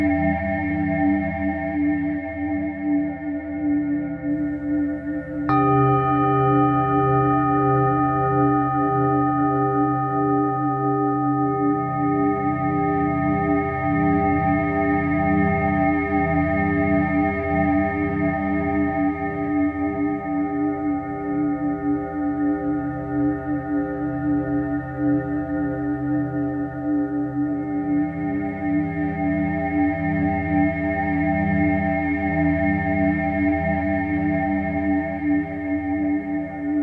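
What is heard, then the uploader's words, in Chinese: A singing bowl hums in a steady, layered drone of sustained ringing tones, low and mid pitches holding throughout with a slow pulsing waver. Around five seconds a fresh strike adds a bright ring that lingers, while a soft upper shimmer swells and fades twice. 肠及DNA频率281-528Hz丨颂钵。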